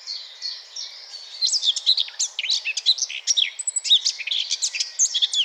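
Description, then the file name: Eurasian blackcap warbling: a soft, quiet start that breaks into a lively run of quick, tumbling whistles and chirps that carries on to the end. "Sylvia atricapilla"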